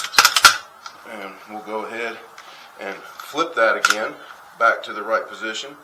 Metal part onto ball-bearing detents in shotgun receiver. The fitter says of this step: And you'll hear her snap against the little ball bearings that are seated into this portion here. Yep.